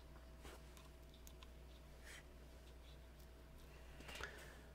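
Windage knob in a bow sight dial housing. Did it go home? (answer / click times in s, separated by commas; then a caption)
no / none. The windage knob in the dial housing of a plastic archery bow sight is pulled out and pushed back in, which should give a positive click. Only a few faint soft ticks and rubbing sounds are heard over a steady low hum, with a slightly louder brief tick near the end. The knob just slides smoothly, and nothing has clicked.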